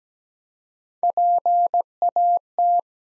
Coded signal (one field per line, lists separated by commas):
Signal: Morse code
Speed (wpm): 17 wpm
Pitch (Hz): 700 Hz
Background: none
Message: PAT